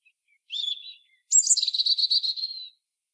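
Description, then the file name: European robin singing a soft, steady high note, a short pause, then a very high thin opening sliding into a rapid, shimmering trill. "Erithacus rubecula"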